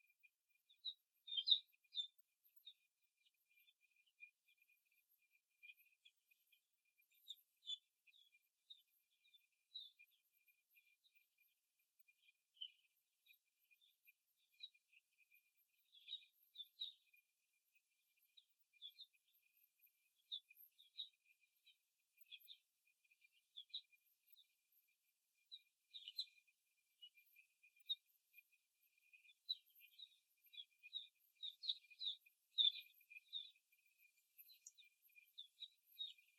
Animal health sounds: young laying hens in a cage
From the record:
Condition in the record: after the stressor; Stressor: simulated dog barking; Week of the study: 1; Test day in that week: 2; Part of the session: 4

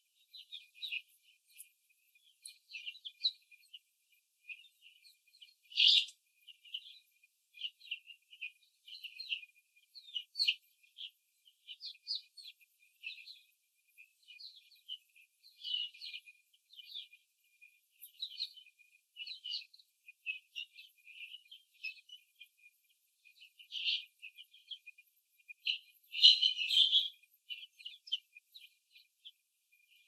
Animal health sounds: young laying hens in a cage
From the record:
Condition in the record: before the stressor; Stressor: simulated dog barking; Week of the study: 3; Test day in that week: 1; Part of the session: 2

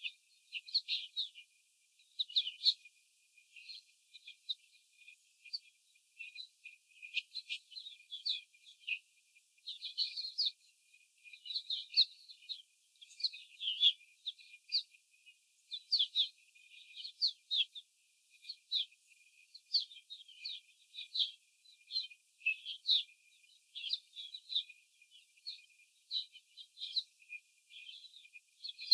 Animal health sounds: young laying hens in a cage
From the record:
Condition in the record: before the stressor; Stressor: simulated dog barking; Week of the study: 4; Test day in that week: 3

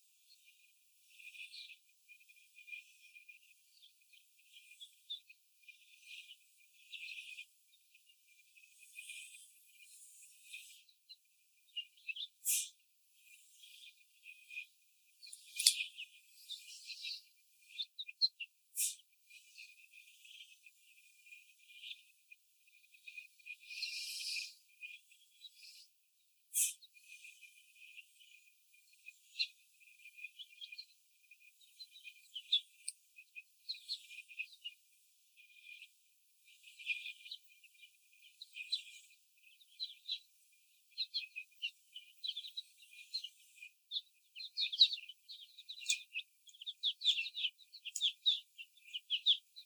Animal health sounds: young laying hens in a cage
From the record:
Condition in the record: before the stressor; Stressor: simulated dog barking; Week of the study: 4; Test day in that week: 2

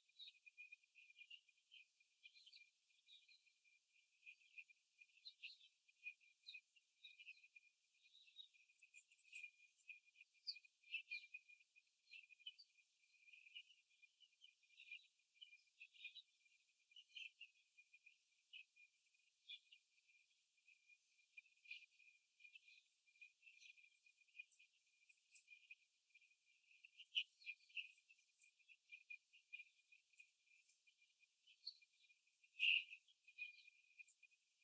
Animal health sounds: young laying hens in a cage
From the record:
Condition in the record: before the stressor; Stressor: simulated dog barking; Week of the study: 3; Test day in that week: 2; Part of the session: 2

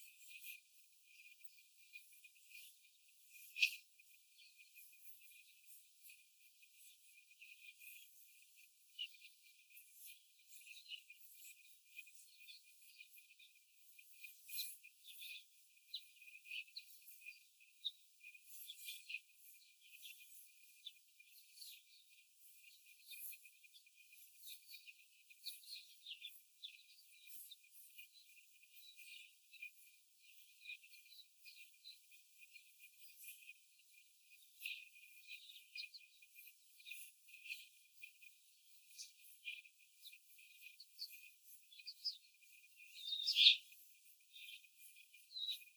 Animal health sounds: young laying hens in a cage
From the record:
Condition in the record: before the stressor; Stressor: simulated dog barking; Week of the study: 4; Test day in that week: 1

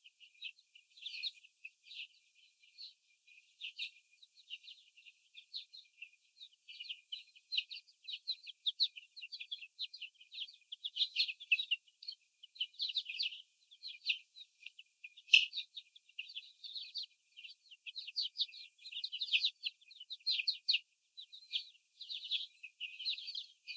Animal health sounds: young laying hens in a cage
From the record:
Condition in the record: after the stressor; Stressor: sudden umbrella opening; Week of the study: 3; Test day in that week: 2

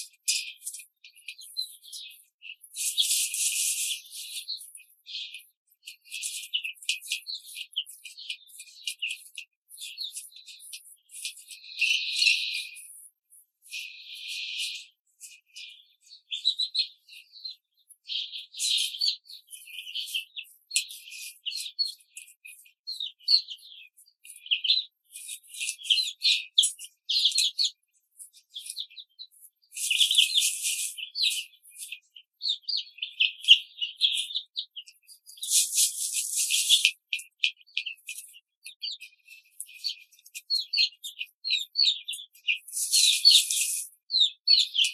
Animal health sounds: young laying hens in a cage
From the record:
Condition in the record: control cage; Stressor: none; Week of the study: 5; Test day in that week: 1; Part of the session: 4

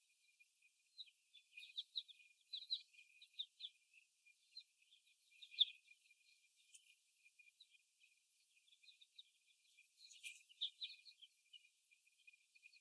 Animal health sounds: young laying hens in a cage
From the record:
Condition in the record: before the stressor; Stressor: simulated dog barking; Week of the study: 1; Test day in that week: 1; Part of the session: 2

